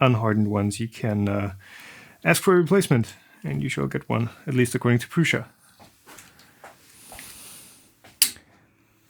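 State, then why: Seated. Someone talks while assembling an Original Prusa i3 MK3 3D printer kit, then presses a printer component onto its frame mount. A short, sharp, loud snap is heard at 8.2 s as the part seats in place.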